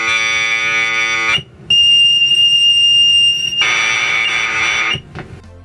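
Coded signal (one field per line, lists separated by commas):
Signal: computer data on cassette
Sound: screechy buzzing data noise, a steady high whistle tone, then screeching data again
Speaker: legt man so eine Datenkassette in einen normalen Kassettenrekorder ein hört sich das ganze so an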